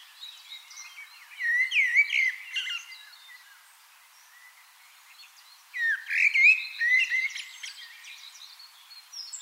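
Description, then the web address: Common blackbird singing two fluty warbled phrases with rising and falling notes and squeaky endings, a long pause between them. "pub SETE data Turdus merula"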